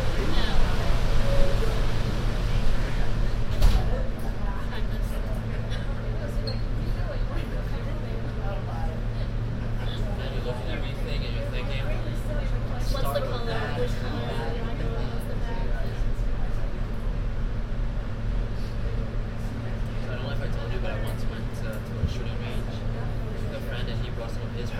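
Binaural recording aboard an N subway train: a steady low rumble and hum, with murmured voices and occasional clicks and rattles throughout.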